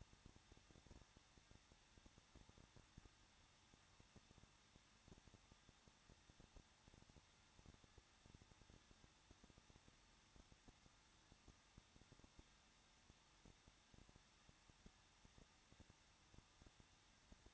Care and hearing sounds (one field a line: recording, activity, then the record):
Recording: daily activity, microphone in the room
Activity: no activity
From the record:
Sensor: 3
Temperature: 21.2 degrees Celsius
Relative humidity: 36.3%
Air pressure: 1006.3 hPa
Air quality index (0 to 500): 221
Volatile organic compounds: 40 ppm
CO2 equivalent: 3154 ppm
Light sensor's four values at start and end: 2/3/2/2 and 2/3/2/2